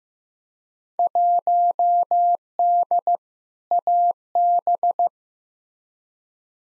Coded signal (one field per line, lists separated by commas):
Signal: Morse code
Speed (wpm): 15 wpm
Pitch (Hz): 700 Hz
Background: none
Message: 1D AB